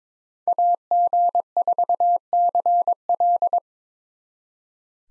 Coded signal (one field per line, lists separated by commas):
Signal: Morse code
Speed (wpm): 26 wpm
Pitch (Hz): 700 Hz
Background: none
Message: AG4CL